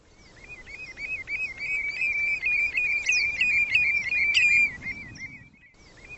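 Bird calls, a rapid run of short, high chirps strung almost continuously for several seconds, with sharper notes briefly jumping higher, over faint low background noise.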